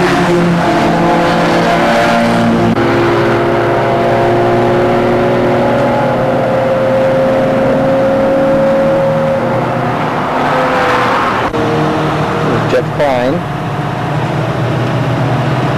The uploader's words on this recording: Driving the 510 around Portland International Raceway. My very first track day with Cascade Sports Car Club.